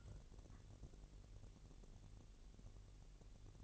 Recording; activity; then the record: daily activity, microphone in the room; take from stove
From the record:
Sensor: 4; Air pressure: 1002.8 hPa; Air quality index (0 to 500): 238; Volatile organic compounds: 10 ppm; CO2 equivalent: 2230 ppm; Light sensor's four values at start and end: 7/16/6/6 and 7/16/6/6